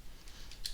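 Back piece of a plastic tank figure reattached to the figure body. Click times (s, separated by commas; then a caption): 0.7 s. A plastic back piece of a Robot Spirits RX-75 Gun Tank Mass Production Type (ver ANIME) action figure is pressed back into its socket on the figure body. After a faint tick at about 0.5 s, a sharp, bright plastic click sounds at 0.7 s as the piece seats in place.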